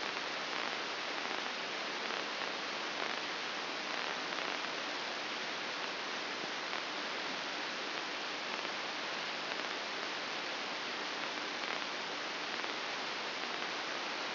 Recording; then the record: brain microelectrode recording played as sound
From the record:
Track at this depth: outside the subthalamic nucleus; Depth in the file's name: 8.304 mm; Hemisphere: left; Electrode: 2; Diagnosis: Parkinson's disease